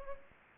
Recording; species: mosquito wingbeat signal from an infrared sensor; Anopheles gambiae